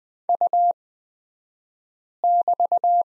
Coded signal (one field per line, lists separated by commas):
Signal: Morse code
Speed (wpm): 20 wpm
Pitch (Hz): 700 Hz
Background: none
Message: U<BT>